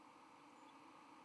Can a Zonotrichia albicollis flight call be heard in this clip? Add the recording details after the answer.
no. Another species' flight call is heard. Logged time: 07:17 on 31 October 2014